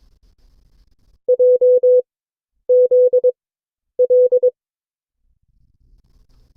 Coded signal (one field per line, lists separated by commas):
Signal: Morse code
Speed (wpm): 22 wpm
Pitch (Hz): 500 Hz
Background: none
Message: J Z L